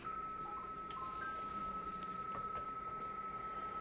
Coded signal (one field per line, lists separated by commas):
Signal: PSK31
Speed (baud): 31.25 baud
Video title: Ham Radio - FLdigi logging tips Integrating with LoTW eQSL and local loggers